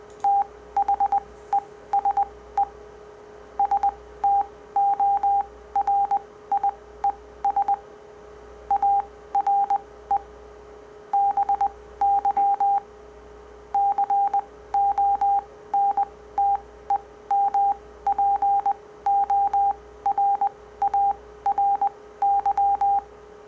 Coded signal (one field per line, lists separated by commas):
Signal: Morse code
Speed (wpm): 20 wpm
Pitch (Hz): 800 Hz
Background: none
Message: THESE STORIES ARE BY CONTEMPORARY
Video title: COPYING MORSE CODE With Various Waveforms - Experiment